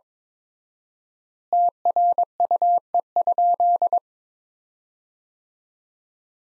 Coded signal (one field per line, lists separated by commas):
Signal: Morse code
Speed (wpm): 22 wpm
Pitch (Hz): 700 Hz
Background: none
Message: TRUE?